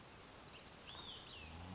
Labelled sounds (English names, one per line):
Olive-sided Flycatcher